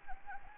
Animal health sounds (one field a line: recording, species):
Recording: mosquito wingbeat signal from an infrared sensor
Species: Anopheles arabiensis